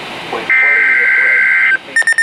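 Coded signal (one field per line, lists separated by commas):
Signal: Emergency Alert System (SAME) tones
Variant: header bursts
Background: speech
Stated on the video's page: High Wind Warning SAME alert tones received on NOAA weather radio station KXI46.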